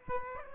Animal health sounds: mosquito wingbeat signal from an infrared sensor; Aedes aegypti

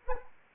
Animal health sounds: mosquito wingbeat signal from an infrared sensor; Anopheles arabiensis

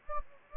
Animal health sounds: mosquito wingbeat signal from an infrared sensor; Anopheles gambiae

